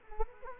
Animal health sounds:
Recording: mosquito wingbeat signal from an infrared sensor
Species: Culex quinquefasciatus

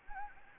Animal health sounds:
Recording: mosquito wingbeat signal from an infrared sensor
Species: Anopheles arabiensis

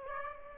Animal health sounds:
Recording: mosquito wingbeat signal from an infrared sensor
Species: Aedes aegypti

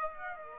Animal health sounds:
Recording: mosquito wingbeat signal from an infrared sensor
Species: Aedes aegypti

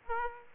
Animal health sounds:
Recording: mosquito wingbeat signal from an infrared sensor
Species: Aedes aegypti

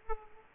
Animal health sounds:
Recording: mosquito wingbeat signal from an infrared sensor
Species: Aedes aegypti

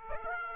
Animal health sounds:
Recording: mosquito wingbeat signal from an infrared sensor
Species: Aedes aegypti

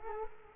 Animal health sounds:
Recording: mosquito wingbeat signal from an infrared sensor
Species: Culex quinquefasciatus

